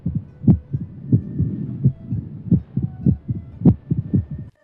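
Dull, low heart thumps come fast and at uneven gaps, with no steady beat, and some beats sound louder than others. The heartbeat has changed tune, an irregularly irregular rhythm typical of atrial fibrillation, one of the causes of an altered heartbeat sound.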